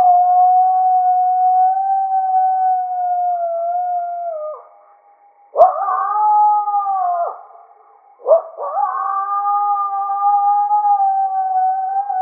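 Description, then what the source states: Coyote howling, long steady drawn-out tones that hold level for several seconds, break off, then resume twice with quick rising yelps leading into each new sustained howl. Howling, recorded 30 August 2008.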